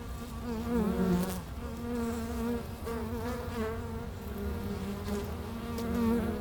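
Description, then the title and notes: Bees hum in a low, continuous drone with gently warbling overtones and occasional louder passing buzzes. Bees recorded with microphones placed at the hive entrance in the bee pavilion of Meise Botanical Garden, Belgium. "Plantentuin, Meise, Belgique - Abeilles - Bees. Meise, Jardin botanique. Pavillon des abeilles, micros placés à l'entrée de la ruche"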